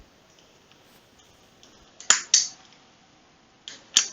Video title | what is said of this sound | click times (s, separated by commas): Continuity Test Fixture - Part 4 of 4 - Final Assembly | and you'll hear a nice snap and nice click and | 2.1 s, 2.3 s